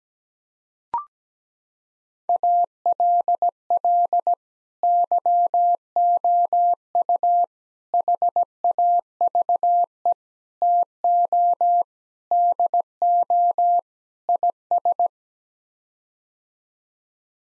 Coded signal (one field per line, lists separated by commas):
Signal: Morse code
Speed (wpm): 17 wpm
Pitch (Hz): 700 Hz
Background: none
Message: ALL YOU HAVE TO DO IS